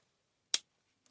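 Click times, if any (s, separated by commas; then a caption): 0.5 s. After a teardown, the plastic housing part of a Glade Automatic air freshener dispenser is pushed back into place. One loud, sharp snap is heard at 0.6 s, followed by a faint tick at 1.1 s. The housing is seated and clicked in.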